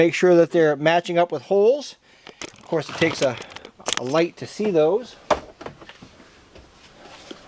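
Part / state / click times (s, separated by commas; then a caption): door trim panel pins lining up with inner door holes / not seated / none. Someone talks while a front door trim panel on a Chevy Blazer / GMC Jimmy / S10, taken off to replace the speaker with Pioneer TS-G1644R units, is held against the door so its pins line up with the holes in the inner door before it is pushed home. After the talking stops, a few short, quiet ticks and rustles of handling come around 5.6 to 5.9 seconds and again near 7.3 seconds. Nothing has seated or clicked yet.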